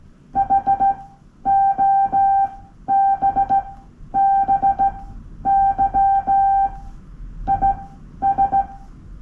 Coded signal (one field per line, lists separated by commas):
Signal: Morse code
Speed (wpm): 16 wpm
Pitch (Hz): 790 Hz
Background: none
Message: HOBBY IS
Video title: Let's tweet by morse code モールスでつぶやく No.5